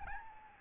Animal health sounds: mosquito wingbeat signal from an infrared sensor; Aedes albopictus

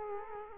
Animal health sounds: mosquito wingbeat signal from an infrared sensor; Culex quinquefasciatus

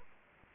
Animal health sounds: mosquito wingbeat signal from an infrared sensor; Anopheles arabiensis

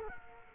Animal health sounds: mosquito wingbeat signal from an infrared sensor; Culex quinquefasciatus

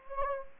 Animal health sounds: mosquito wingbeat signal from an infrared sensor; Anopheles gambiae

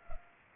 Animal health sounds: mosquito wingbeat signal from an infrared sensor; Culex pipiens

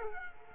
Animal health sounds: mosquito wingbeat signal from an infrared sensor; Culex quinquefasciatus

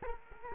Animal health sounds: mosquito wingbeat signal from an infrared sensor; Culex quinquefasciatus

